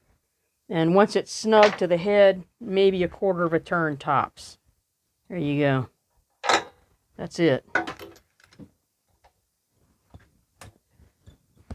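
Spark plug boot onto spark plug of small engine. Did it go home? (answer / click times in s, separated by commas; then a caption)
yes / 10.6 s. Someone talks while a spark plug is snugged down on its crush washer in the head of a Troy-Bilt pressure washer's small engine during no-start maintenance. A few soft knocks follow as the rubber spark plug boot is pushed onto the plug terminal, and it seats with a sharp positive click at 10.6 s.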